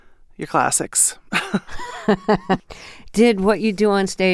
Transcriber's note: laughter